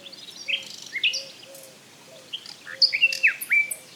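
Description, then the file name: Common nightingale singing varied phrases of sharp whistles, slurred notes and quick trills, with a soft low note repeated beneath. "Luscinia megarhynchos"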